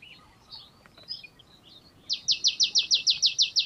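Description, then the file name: Marsh tit calls: a few soft scattered chirps, then a fast, steady series of many sharp high notes lasting over a second. "Poecile palustris"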